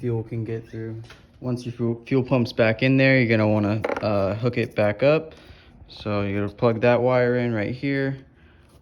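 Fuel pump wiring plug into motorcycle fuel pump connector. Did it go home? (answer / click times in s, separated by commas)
no / none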